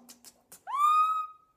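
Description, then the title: Chopi blackbird whistle: a few soft clicks, then one clear note that slurs upward and holds steady for about half a second. "Passaro Preto"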